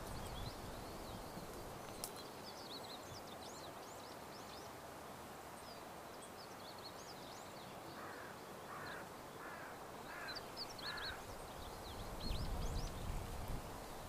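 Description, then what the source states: Birds calling: faint high chirps scattered throughout, then a series of five harsh cawing notes, over ambient outdoor noise. Morning walk through grass along a riverbank; the walker pauses at times to listen to the birds.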